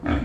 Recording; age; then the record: pig call; growing-finishing pig (85 days or more)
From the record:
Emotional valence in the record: negative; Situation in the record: barren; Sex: female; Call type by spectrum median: low-frequency call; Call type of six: low-frequency modulated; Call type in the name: low-frequency modulated, not sure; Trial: 1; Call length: 0.25 s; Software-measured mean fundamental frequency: 71 Hz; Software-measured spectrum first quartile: 174 Hz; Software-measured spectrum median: 331 Hz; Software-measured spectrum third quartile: 1026 Hz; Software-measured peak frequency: 278 Hz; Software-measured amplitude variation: 161 dB a second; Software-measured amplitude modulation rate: 15.9 a second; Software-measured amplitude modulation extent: 10.1 dB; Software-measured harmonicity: 1.0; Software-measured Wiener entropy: -1.34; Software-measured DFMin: 456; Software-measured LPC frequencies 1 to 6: 302, 1516, 2277, 3361, 4257, 5087 Hz